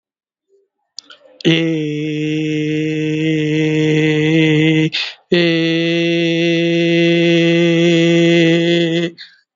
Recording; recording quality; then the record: sustained vowel as in made; excellent, no background noise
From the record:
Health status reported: COVID-19 positive, mild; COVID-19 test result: positive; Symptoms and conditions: cough, breathing difficulty, fever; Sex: male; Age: 38 years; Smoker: not ticked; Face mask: worn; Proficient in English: yes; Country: India